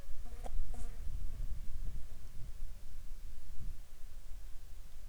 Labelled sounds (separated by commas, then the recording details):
wind, insects
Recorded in the Arctic National Wildlife Refuge, Alaska, on 7 July 2019 at 19:12
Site 41